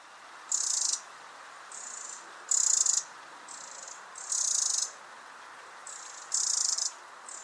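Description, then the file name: Eurasian wren giving repeated short, high, dry, buzzy rattles, some loud and some softer, over a steady hiss. "Troglodytes troglodytes"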